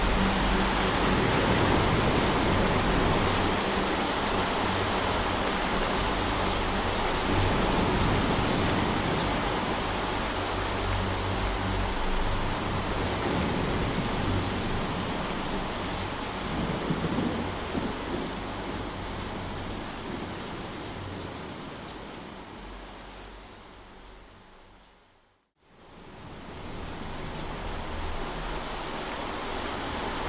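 Wind blows steadily across open water in a dense, rushing roar that fills lows and highs alike, with faint pulsing swells underneath. Around twenty seconds the gusting eases and fades to near silence at twenty-five seconds, then returns more softly.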